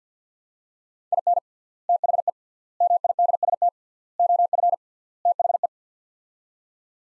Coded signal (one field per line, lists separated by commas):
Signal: Morse code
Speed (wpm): 48 wpm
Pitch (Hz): 700 Hz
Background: none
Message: IN THE MIDST OF THE